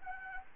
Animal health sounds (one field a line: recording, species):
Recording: mosquito wingbeat signal from an infrared sensor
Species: Anopheles arabiensis